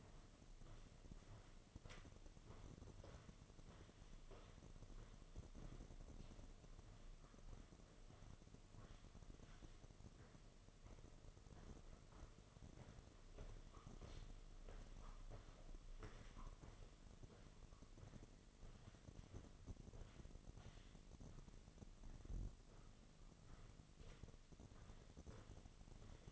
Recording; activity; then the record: daily activity, microphone in the room; walk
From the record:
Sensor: 4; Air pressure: 1006.4 hPa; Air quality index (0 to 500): 80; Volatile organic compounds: 2 ppm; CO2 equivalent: 986 ppm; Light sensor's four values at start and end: 12/27/10/9 and 12/27/10/9